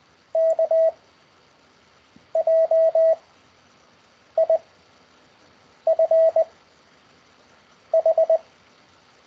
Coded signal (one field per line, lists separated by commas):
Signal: Morse code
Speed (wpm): 19 wpm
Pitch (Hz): 660 Hz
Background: none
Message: K J I F H